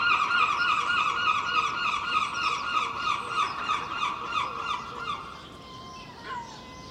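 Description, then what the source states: Gull calling in a rapid series of short, strident, harmonic notes, about three to four per second, fading away; a few quieter bird calls follow. Early morning, Filey, April 2023; recorded from a second-storey window with Clippy microphones and a Roland R-07; other birds present.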